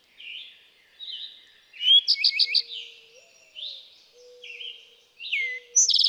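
Eastern towhee song: two fast trills, one in the middle and one starting at the end, among softer slurred notes and chirps.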